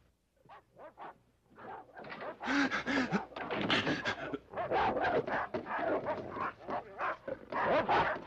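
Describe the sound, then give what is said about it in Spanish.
Several dogs bark and yip in a rapid, overlapping chorus, loud and continuous, with some whimpering and panting mixed between the sharp bursts. “¡Silencio, malditos perros!”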